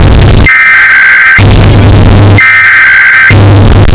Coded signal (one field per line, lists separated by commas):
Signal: Emergency Alert System (SAME) tones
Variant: header bursts